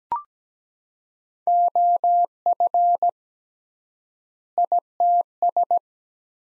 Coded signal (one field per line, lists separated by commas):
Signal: Morse code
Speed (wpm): 17 wpm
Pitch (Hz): 700 Hz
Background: none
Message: OF ITS